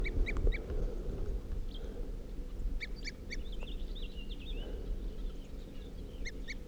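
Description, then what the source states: Crossbill giving short, clipped toop notes in groups of two or three over a low rumbling background. Still calling from a ponderosa pine on top of a hill, about 8:23 p.m.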